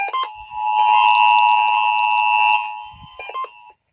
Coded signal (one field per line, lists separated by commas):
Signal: Emergency Alert System (SAME) tones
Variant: 853 and 960 Hz attention tone